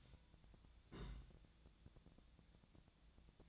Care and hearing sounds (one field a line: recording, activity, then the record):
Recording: daily activity, microphone in the room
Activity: place on stove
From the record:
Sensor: 3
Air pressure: 1009.9 hPa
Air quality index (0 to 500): 190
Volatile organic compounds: 14 ppm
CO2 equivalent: 2474 ppm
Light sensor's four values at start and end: 41/103/44/47 and 41/103/44/47